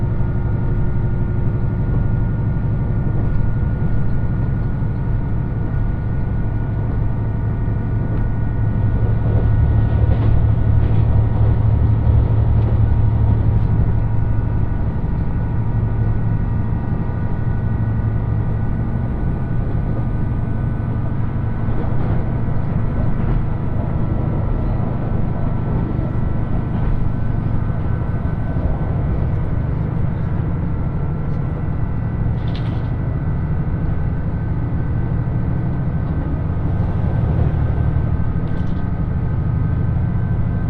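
The Uwakai No. 5 limited express on the Yosan Line rolls steadily between Iyo-Ōzu and Uwajima with a constant low rumble and fixed humming tones. The rumble swells between about ten and fifteen seconds, and faint clicks and rattles recur throughout.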